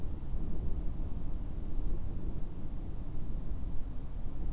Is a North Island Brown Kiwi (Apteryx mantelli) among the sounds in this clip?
no